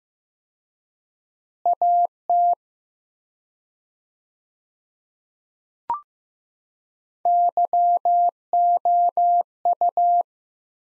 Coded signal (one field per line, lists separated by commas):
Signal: Morse code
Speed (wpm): 15 wpm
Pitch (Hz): 700 Hz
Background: none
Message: AT YOU